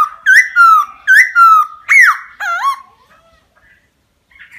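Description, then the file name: Laughingthrush song: loud, clear whistled phrases, some swooping up and others sliding down, in several bursts over about three seconds, then a quiet pause. Song in the wild-voice style, called giọng rừng. "Tieng khuou hot giong rung"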